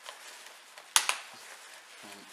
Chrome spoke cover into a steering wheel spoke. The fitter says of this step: should click into place, I think.